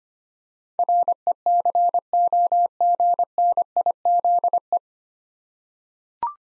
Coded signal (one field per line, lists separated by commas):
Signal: Morse code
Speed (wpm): 25 wpm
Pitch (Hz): 700 Hz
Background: none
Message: RECOGNIZE